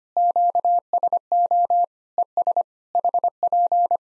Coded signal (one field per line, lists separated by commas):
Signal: Morse code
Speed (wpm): 25 wpm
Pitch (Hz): 700 Hz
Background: none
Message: QSO ES HP